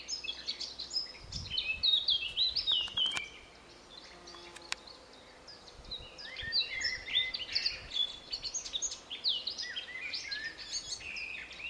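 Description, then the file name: Eurasian blackcap song: bursts of rich, fast warbling notes, one phrase of about three seconds, a pause, then a longer run, with faint clicks in between. "Sylvia atricapilla"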